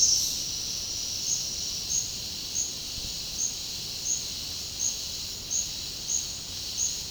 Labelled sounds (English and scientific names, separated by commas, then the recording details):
none
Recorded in dense forest near Puerto Asís, Putumayo, Colombia, on 18 February 2024 at 10:30
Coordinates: 0.485, -76.325
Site G6429